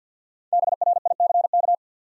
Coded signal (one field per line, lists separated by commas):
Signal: Morse code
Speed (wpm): 47 wpm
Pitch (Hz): 700 Hz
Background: none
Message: BRICK